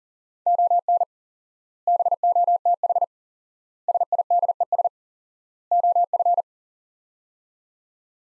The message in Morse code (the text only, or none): ON BOTH SIDES OF